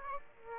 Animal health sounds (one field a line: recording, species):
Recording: mosquito wingbeat signal from an infrared sensor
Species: Aedes aegypti